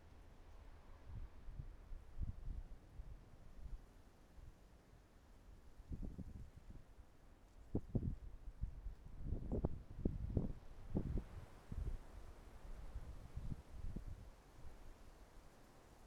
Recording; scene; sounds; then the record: everyday scene through a hearing-aid microphone; wind on the microphone; wind, traffic, birds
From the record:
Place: suburban garden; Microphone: behind the ear, right, front